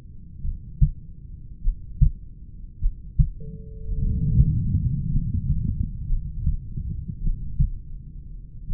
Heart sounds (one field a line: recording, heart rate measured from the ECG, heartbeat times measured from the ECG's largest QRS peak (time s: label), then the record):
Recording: heart sounds by stethoscope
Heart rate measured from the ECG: 51 bpm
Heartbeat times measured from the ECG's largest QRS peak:
0.47 s: heartbeat
1.67 s: heartbeat
2.84 s: heartbeat
4.03 s: heartbeat
5.14 s: heartbeat
6.11 s: heartbeat
7.24 s: heartbeat
8.71 s: heartbeat
From the record:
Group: heart failure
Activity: rest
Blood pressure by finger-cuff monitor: 125/71 mmHg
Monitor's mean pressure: 85 mmHg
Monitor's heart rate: 51 bpm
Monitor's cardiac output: 5.1 L/min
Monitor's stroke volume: 103 mL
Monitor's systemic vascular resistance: 1200 dyn s/cm5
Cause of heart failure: familial cardiomyopathy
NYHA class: 1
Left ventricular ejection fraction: 49%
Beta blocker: bisoprolol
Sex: male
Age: 31 years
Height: 194 cm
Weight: 96 kg